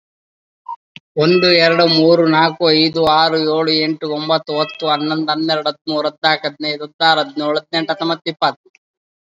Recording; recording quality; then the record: counting at a fast pace; excellent, no background noise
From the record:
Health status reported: COVID-19 positive, no symptoms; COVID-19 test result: positive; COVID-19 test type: RT-PCR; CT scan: not taken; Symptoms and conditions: muscle pain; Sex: male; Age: 28 years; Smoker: no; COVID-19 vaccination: both doses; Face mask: not worn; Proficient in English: no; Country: India